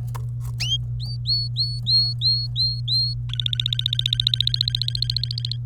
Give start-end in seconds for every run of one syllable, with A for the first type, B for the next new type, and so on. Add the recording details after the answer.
0.60-3.14 A, 3.29-5.56 B. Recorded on 25 April 2018 at 11:54. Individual llb3